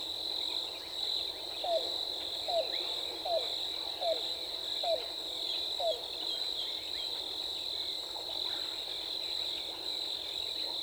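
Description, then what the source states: Yellow-billed cuckoo giving six hollow, downward-slurred notes at a steady rhythm near one per second, then quiet apart from the ongoing high insect drone. Recorded 14 April 2018.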